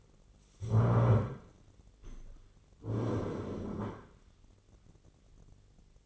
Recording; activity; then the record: daily activity, microphone in the room; stand up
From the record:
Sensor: 4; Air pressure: 1010.1 hPa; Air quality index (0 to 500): 182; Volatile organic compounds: 3 ppm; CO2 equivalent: 1318 ppm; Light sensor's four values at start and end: 43/105/44/48 and 42/104/44/47